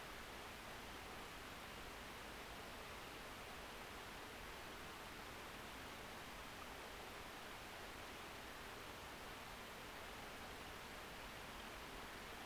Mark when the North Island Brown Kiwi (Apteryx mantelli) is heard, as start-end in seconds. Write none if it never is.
none